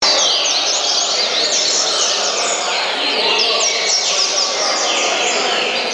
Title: Canto Coleiro